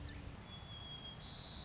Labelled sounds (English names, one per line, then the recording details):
White-crowned Sparrow
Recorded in Sonoma County, California